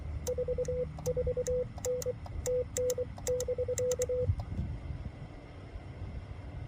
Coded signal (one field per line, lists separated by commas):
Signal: Morse code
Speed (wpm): 24 wpm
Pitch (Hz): 500 Hz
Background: radio noise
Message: 44N TN <BK>